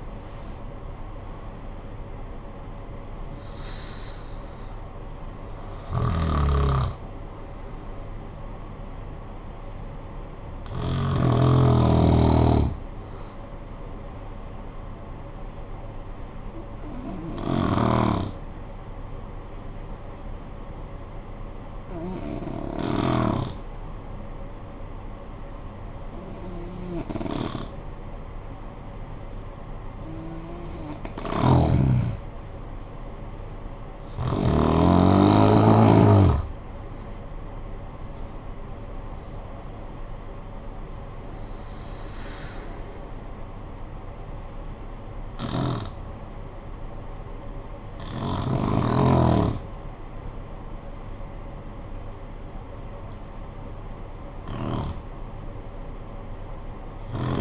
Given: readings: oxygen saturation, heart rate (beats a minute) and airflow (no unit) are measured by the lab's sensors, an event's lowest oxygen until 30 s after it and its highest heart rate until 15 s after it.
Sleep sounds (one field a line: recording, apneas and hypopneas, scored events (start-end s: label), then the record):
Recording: breathing in sleep by a smartphone at the bedside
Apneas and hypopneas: 1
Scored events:
13.00-33.90 s: hypopnea (N2, oxygen 96% highest, then 86% lowest, heart rate 55 at the start, 64 highest)
15.00-45.00 s: new sleep stage, N1 (lightest sleep)
45.00-57.41 s: new sleep stage, N2 (light sleep)
From the record:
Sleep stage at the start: N2 (light sleep)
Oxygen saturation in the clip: 87 to 96%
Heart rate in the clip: 50 to 67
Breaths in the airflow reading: 12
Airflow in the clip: -12.5 to 14.3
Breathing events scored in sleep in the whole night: 445 in 7.6 hours asleep